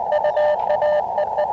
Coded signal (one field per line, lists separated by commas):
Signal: Morse code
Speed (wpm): 20 wpm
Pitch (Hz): 600 Hz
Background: radio noise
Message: UA EE